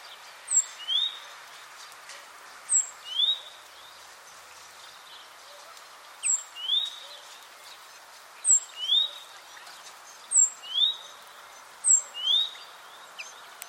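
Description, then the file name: Great tit calling with a repeated two-note phrase, a high thin note followed by a lower rising one, over steady background hiss. "Parus major"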